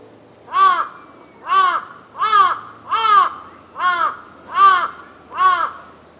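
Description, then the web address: Crow cawing seven times in a steady series, each caw hoarse, a little under a second apart, over a thin insect whine. Crow caws in ambience recorded in Tokyo, Japan, with insects in the background. "Lynne Music Amb Tokyo Japan Brid Crow Caws Insects"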